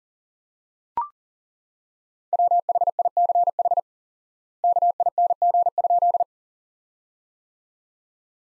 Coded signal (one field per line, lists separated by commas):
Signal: Morse code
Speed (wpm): 37 wpm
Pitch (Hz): 700 Hz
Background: none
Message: WHICH KING?